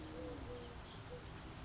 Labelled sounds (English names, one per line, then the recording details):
Eurasian Collared Dove
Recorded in Sonoma County, California